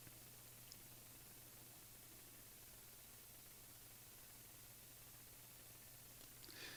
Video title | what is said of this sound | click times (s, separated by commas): Sgian Dubh Making | a test fit goes in and that's a satisfying click right at the end | 0.7 s